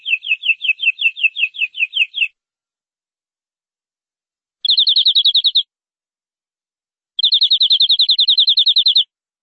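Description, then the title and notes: Canary song: three rapid rolling trills separated by pauses, the first slower and pulsing, the last two fast and steady. "BM Suara Kenari. BM Suara Burung Kenari"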